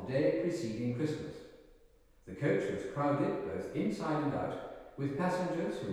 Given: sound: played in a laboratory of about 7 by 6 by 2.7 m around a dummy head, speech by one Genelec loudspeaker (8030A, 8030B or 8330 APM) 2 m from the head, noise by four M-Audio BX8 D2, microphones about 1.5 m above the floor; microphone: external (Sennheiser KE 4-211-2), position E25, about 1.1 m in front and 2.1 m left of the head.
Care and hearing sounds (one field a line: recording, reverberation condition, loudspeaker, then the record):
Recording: male speech in English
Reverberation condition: high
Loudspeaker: 150 degrees to the left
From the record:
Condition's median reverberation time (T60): about 1300 ms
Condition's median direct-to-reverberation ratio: about -4.0 dB